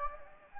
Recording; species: mosquito wingbeat signal from an infrared sensor; Anopheles gambiae